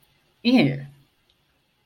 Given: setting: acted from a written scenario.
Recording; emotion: vocal sound without words; disgust